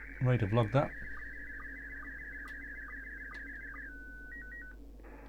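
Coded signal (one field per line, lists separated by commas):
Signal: SSTV (slow-scan television)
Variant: Scottie 1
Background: speech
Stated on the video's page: SSTV transmission generated with the MMSSTV application.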